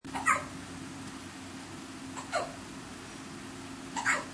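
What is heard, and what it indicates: Three abrupt, short, squeaky bursts arrive about two seconds apart, roughly 30 a minute, over a steady low room hum. These are hiccups in an adult, the sharp catch of the voice box closing after a sudden involuntary pull of the diaphragm.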